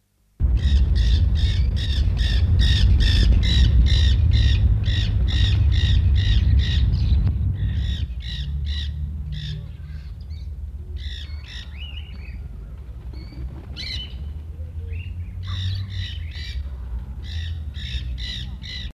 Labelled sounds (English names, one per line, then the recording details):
Nanday Parakeet call
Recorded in captivity
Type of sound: call
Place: Tierpark Hagenbeck, Hamburg, DE
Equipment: Halbspur, 9,5 cm/s
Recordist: Lütgens, Hans
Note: Rufe